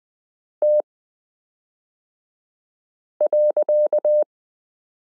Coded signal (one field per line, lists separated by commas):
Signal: Morse code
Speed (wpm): 20 wpm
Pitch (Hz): 600 Hz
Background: none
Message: T.